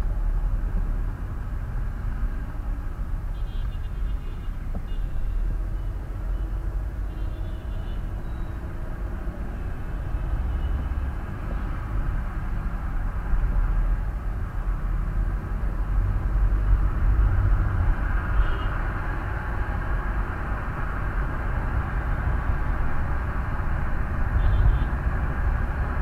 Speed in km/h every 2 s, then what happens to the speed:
22, 19, 16, 20, 24, 28, 24, 25, 31, 33, 38, 40, 40.
4-9 speeds up to 28. 13-26 speeds up to 40.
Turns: none.